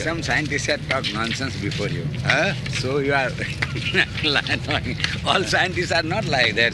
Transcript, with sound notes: I think some scientists have talked nonsense before you.
Huh?
So you are... [laughs] All scientists are not like that, sir.